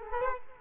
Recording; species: mosquito wingbeat signal from an infrared sensor; Culex quinquefasciatus